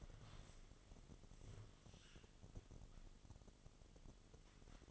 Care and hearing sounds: daily activity, microphone in the room; stand up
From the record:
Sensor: 4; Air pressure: 1005.9 hPa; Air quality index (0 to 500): 92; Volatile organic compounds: 2 ppm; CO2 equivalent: 1136 ppm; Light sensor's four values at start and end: 12/28/11/10 and 12/28/11/10

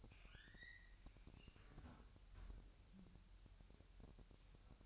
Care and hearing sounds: daily activity, microphone in the room; close fridge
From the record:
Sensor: 2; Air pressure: 1001.8 hPa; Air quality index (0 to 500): 248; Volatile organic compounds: 38 ppm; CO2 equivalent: 3122 ppm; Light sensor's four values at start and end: 8/28/11/10 and 8/28/11/10

